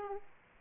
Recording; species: mosquito wingbeat signal from an infrared sensor; Aedes aegypti